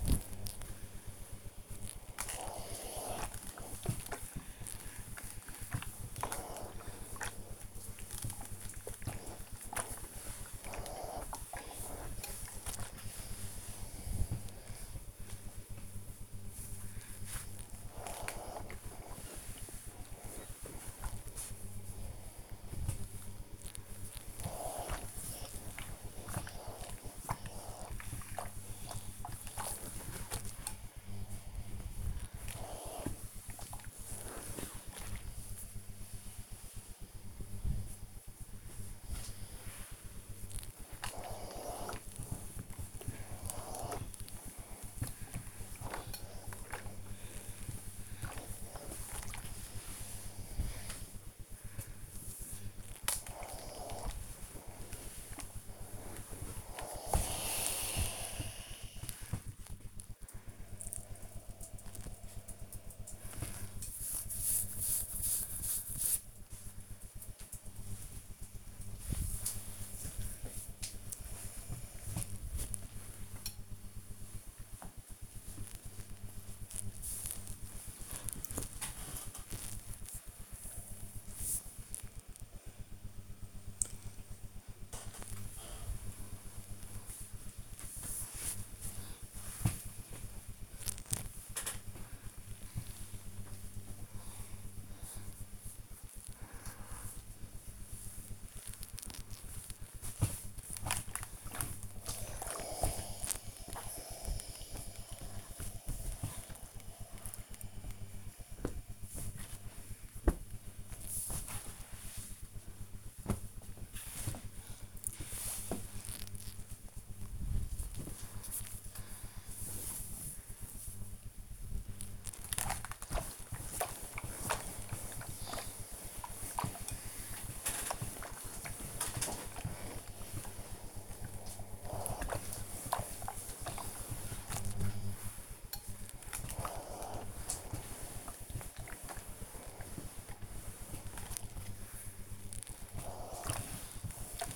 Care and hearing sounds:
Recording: household activities, microphone on the right wrist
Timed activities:
0.00-58.03 s: ironing laundry
65.07-112.33 s: folding laundry
117.35-144.56 s: ironing laundry

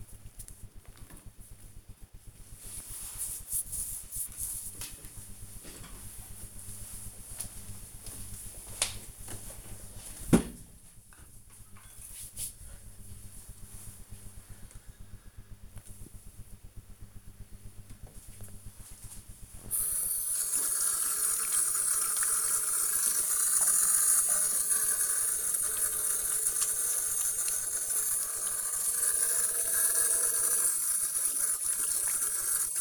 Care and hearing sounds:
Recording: household activities, microphone on the right wrist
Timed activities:
17.93-32.81 s: washing hands

